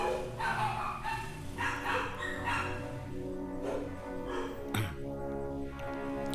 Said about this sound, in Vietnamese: Ok, dừng 2 phút để cho đàn chó nhà hàng xóm sủa xong đã.